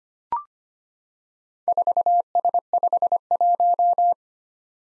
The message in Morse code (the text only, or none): 4S51